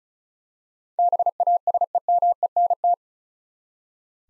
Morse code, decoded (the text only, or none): BASEMENT